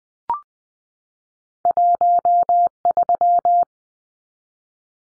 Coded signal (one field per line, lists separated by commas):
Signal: Morse code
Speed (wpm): 20 wpm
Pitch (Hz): 700 Hz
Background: none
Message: 13